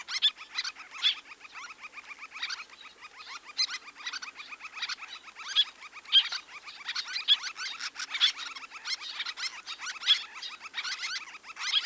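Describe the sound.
Bird chorus, a dense continuous wash of fine high twittering with occasional sharper chirps poking out above it.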